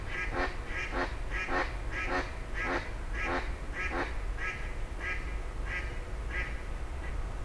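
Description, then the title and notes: Grey heron calls: coarse, croaking squawks repeated roughly every half second, set against a constant low hum of traffic. Several grey herons exchanging calls at 04:00 as traffic gradually resumes, Rue des Gourgues, Fenouillet, France. "44 Rue des Gourgues, 31150 Fenouillet, France - 04h00-Dialogue de Hérons cendrés. 04h00-Alors que la circulation reprend peu à peu, des hérons cendrés se font des politesses"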